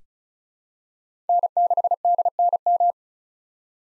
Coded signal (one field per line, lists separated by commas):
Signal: Morse code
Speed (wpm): 36 wpm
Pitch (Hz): 700 Hz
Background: none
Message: N6DNM